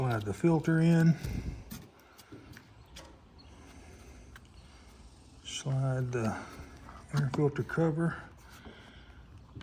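Someone talks while the plastic air filter cover is slid onto the air filter housing of a trash-picked Stihl edger's engine, with the filter already in, and a few faint light taps and handling noises in between. Nothing has snapped into place yet.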